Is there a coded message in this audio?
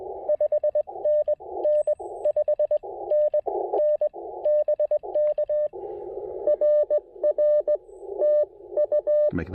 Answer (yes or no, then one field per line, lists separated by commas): yes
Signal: Morse code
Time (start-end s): 0.3-9.3 s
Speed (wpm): 20 wpm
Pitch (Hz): 600 Hz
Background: speech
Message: 5NN 5NN BK RR TU